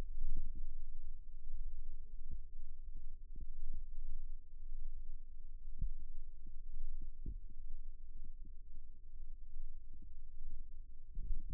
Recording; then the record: forearm muscle sounds (acoustic myography)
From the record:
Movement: rest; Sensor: system 1, eight BSWA MPA416 microphones around the upper forearm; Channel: 8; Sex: male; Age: 42 years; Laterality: right